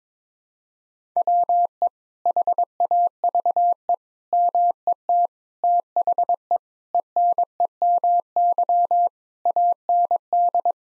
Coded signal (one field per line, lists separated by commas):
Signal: Morse code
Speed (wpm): 22 wpm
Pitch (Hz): 700 Hz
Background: none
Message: WE HAVE MET THE ENEMY AND